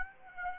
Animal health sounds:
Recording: mosquito wingbeat signal from an infrared sensor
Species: Aedes aegypti

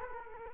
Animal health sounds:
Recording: mosquito wingbeat signal from an infrared sensor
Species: Culex quinquefasciatus

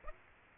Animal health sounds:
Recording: mosquito wingbeat signal from an infrared sensor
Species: Aedes aegypti

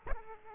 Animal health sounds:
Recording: mosquito wingbeat signal from an infrared sensor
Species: Aedes aegypti

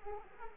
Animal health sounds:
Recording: mosquito wingbeat signal from an infrared sensor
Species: Culex quinquefasciatus

